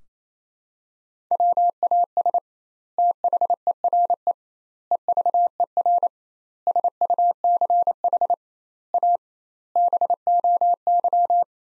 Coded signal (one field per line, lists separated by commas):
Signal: Morse code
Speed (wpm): 28 wpm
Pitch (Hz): 700 Hz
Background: none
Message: WAS THERE EVER SUCH A BOY